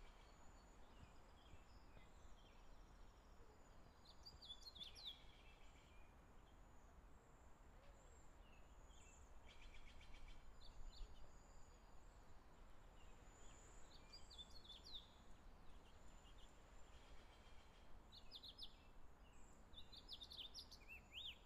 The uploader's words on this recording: Birds and Wildlife. The wild birds and nature.